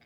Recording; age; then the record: pig call; piglet (1 to 25 days)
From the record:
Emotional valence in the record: positive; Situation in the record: short reunion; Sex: male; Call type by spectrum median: low-frequency call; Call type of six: low-frequency tonal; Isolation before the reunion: 3 minutes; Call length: 0.06 s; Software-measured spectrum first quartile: 499 Hz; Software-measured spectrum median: 1645 Hz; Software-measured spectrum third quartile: 2818 Hz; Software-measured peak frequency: 2226 Hz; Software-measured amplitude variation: 38 dB a second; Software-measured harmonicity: -1.6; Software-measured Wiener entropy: -0.84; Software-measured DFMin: 474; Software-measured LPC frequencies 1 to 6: 626, 1666, 2204, 3069, 3700, 4920 Hz